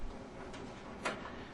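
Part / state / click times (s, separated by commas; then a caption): washing machine switch into its mounting hole / not seated / none. A new switch is set into its mounting hole on a General Electric washing machine that is not spinning, lined up by hand before being pushed down. Soft handling rustle is heard over a low steady background, with a brief brighter scrape at about 0.5 s and a sharper rub near 1.1 s. Nothing has seated or clicked yet.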